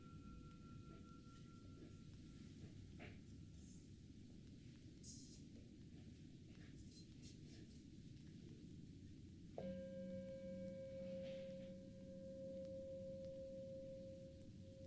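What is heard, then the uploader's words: A Tibetan singing bowl hums with a faint, fading ring over a steady low rumble. Just before ten seconds the bowl is struck again, and a clear, strong tone blooms with a wavering low throb beneath it, sustaining to the end. ASMR Tibetan singing bowl.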